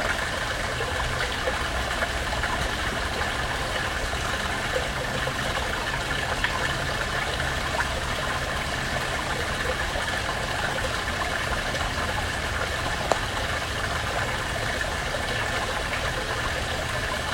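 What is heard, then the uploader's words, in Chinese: A small river beside a country lane rushes steadily and evenly, with a low rumble underneath and a faint click near thirteen seconds. 乡村小路旁的一条小河_美国阿肯色州有力卡斯普林斯的县道。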